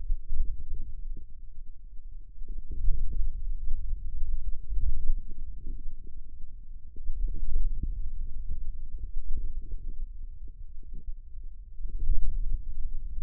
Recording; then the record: forearm muscle sounds (acoustic myography)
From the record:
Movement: hand closing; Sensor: system 2, bracelet of six BSWA MPA416 microphones around the upper forearm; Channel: 6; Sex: female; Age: 21 years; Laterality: right